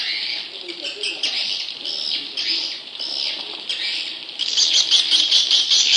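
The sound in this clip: Leafbird song, a run of high chirps and slurred whistled phrases that turns into a rapid, louder chatter in the last seconds.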